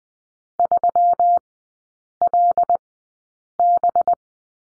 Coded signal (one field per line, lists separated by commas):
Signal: Morse code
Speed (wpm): 20 wpm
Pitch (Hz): 700 Hz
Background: none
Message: 3LB